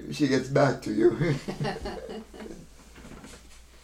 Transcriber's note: they laugh